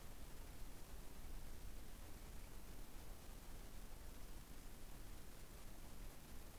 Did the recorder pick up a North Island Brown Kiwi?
no